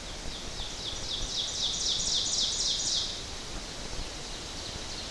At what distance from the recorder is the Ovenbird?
about 35 m